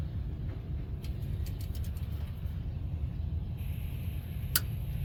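A click-type inch-pound torque wrench tightens the transmission oil pan bolts to 96 inch-pounds on a Chevy 5.3 truck or SUV with a deep pan, during a transmission fluid and filter change; this inch-pound wrench gives a click that is easier to hear than a foot-pound one. Over a steady low rumble, a few faint ticks sound around 1.0 to 1.8 seconds, then one sharp, loud click at 4.6 seconds as the wrench breaks over at its setting.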